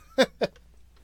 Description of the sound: They took Mr. Turtle to the vet with a respiratory infection, but he wouldn't make this squeaky, raspy sound in front of the vet. It sounds like a squeaky, raspy little voice.